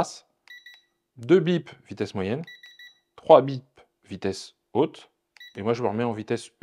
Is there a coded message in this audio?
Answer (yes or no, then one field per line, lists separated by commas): no